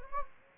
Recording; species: mosquito wingbeat signal from an infrared sensor; Anopheles gambiae